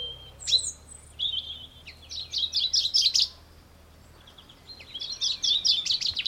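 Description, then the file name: Common chaffinch singing two phrases of quick trilled notes after a brief high sharp note at the start; the second phrase is cut off. "Fringilla coelebs"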